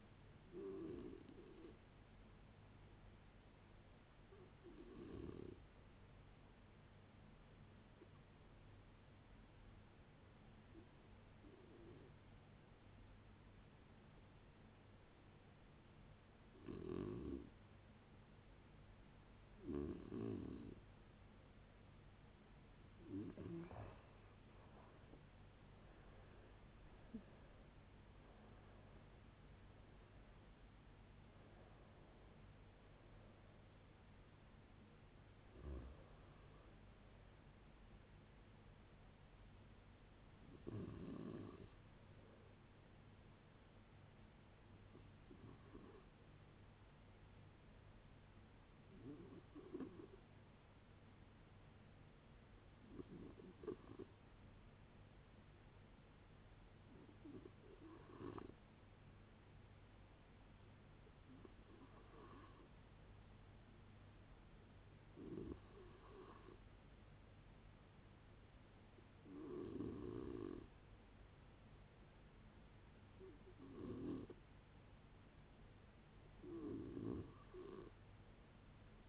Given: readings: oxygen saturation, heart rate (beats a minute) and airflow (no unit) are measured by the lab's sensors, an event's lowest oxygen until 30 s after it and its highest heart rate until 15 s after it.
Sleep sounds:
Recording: a person awake in a sleep study, by a voice recorder at the bedside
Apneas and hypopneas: none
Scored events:
0.00-79.08 s: awake
0.00-79.08 s: awake
From the record:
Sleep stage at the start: awake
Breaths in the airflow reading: 30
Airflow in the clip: -0.6 to 0.7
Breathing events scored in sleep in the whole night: 496 in 5.4 hours asleep

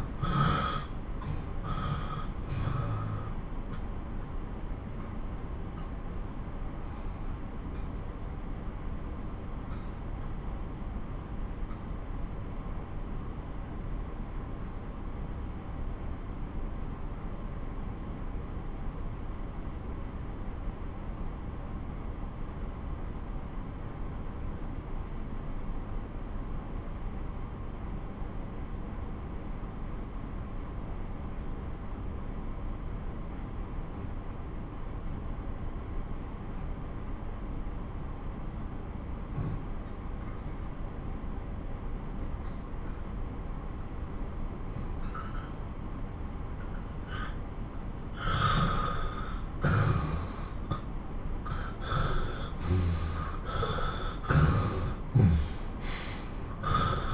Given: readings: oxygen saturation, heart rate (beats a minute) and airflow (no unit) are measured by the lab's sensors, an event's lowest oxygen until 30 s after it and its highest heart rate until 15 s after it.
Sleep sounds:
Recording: breathing in sleep by a smartphone at the bedside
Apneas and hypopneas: 1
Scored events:
4.00-47.10 s: obstructive apnea (N1, oxygen 95% highest, then 88% lowest)
26.00-56.00 s: new sleep stage, N2 (light sleep)
56.00-57.14 s: new sleep stage, N1 (lightest sleep)
From the record:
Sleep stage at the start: N1 (lightest sleep)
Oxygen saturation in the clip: 80 to 95%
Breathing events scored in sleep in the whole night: 217 in 6.3 hours asleep

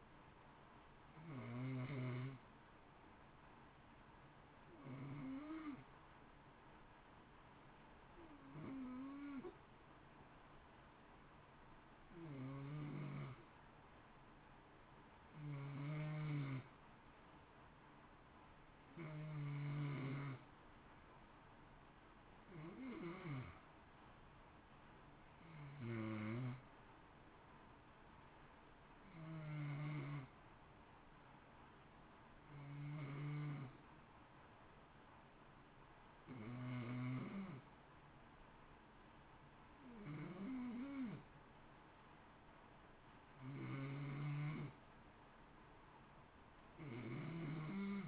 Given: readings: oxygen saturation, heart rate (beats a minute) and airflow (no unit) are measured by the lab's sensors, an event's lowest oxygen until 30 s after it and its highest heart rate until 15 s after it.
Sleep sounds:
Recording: breathing in sleep by a voice recorder at the bedside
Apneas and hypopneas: none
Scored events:
27.00-48.08 s: new sleep stage, N2 (light sleep)
From the record:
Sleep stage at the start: N1 (lightest sleep)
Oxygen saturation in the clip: 88 to 91%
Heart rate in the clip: 55 to 60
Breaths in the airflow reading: 15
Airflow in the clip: -0.8 to 0.9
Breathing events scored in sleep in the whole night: 328 in 6.3 hours asleep

